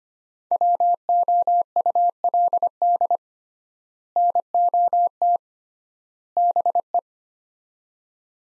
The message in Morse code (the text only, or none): WOULD NOT BE